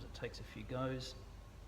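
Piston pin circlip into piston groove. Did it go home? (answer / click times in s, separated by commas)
no / none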